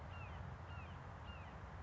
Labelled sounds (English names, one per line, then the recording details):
Red-shouldered Hawk
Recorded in Sonoma County, California